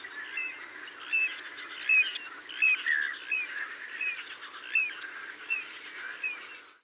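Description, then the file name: Little ringed plover song: short, clear, slightly downslurred whistled notes repeated roughly every three-quarters of a second, over a steady background hiss. Song given during display flight. "sieweczka rzeczna peter boesman"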